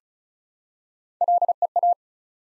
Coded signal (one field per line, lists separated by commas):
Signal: Morse code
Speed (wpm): 36 wpm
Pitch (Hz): 700 Hz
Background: none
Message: LEA